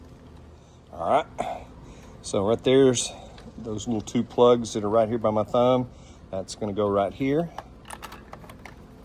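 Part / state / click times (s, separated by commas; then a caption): battery pack into cordless stick vacuum body / not seated / none. Someone talks while lining up the two plugs of a replacement battery pack for a Dyson V8 cordless stick vacuum and pushing it toward the vacuum's plastic body, with a few brief faint ticks near the end. Nothing has seated or clicked into place yet.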